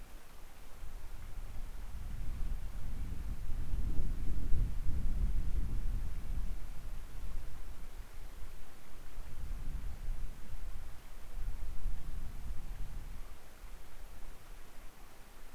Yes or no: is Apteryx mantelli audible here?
no